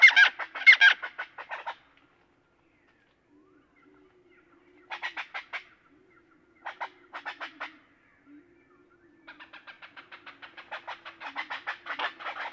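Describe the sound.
Great-tailed grackle giving bursts of dry, clacking notes in rapid series, pausing between short runs, with a longer rattle of clicks growing louder at the end.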